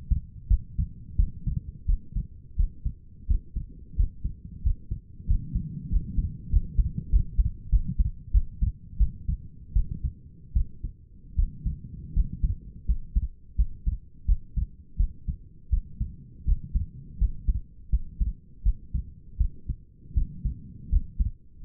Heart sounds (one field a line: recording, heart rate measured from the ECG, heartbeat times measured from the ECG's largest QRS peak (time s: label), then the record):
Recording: heart sounds by stethoscope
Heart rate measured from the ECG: 85 bpm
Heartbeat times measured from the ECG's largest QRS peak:
0.49 s: heartbeat
1.17 s: heartbeat
1.87 s: heartbeat
2.57 s: heartbeat
3.28 s: heartbeat
3.97 s: heartbeat
4.64 s: heartbeat
5.28 s: heartbeat
5.90 s: heartbeat
6.51 s: heartbeat
7.11 s: heartbeat
7.70 s: heartbeat
8.32 s: heartbeat
8.98 s: heartbeat
9.74 s: heartbeat
10.54 s: heartbeat
11.36 s: heartbeat
12.14 s: heartbeat
12.86 s: heartbeat
13.56 s: heartbeat
14.26 s: heartbeat
14.97 s: heartbeat
15.70 s: heartbeat
16.45 s: heartbeat
17.19 s: heartbeat
17.90 s: heartbeat
18.63 s: heartbeat
19.38 s: heartbeat
20.15 s: heartbeat
20.90 s: heartbeat
21.62 s: heartbeat
From the record:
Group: healthy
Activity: rest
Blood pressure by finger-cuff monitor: 121/75 mmHg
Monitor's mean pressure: 90 mmHg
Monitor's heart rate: 86 bpm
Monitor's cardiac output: 6.6 L/min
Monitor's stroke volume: 78 mL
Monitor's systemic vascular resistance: 980 dyn s/cm5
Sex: female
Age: 37 years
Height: 168 cm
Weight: 70 kg